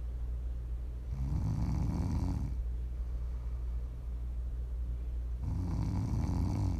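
Prime ASMR snoring from an adult sleeper: two low-pitched, rumbling snores, each lasting about a second and a half, with a quiet pause of about three seconds between them.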